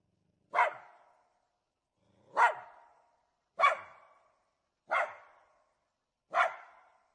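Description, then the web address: Jack Russell terrier giving five sharp single barks, roughly one every one to two seconds, each trailing off in a long echo. Various barks and growls, recorded with a big echo. "dog jack russell terrier barking growling various big echo"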